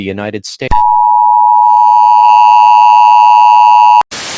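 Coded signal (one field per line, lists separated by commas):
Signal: Emergency Alert System (SAME) tones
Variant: 853 and 960 Hz attention tone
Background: speech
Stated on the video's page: Fictional EAS scenario about a zombie virus outbreak.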